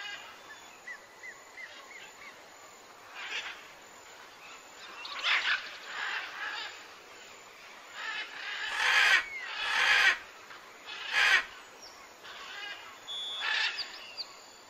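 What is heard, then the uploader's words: Birds call through a tropical forest, with short chirps and whistles repeating at around 2 kHz. Brighter, louder bursts arrive near 5, 9, 10, 11 and 13 seconds, while a steady high insect hiss and soft rustling fill the background. Jungle Serenade: A Tropical ASMR Escape. Birds sing in harmonious chorus, leaves sway gently in the breeze, and hidden critters add their own unique melodies to the orchestra of nature. Tropical jungles are teeming with life.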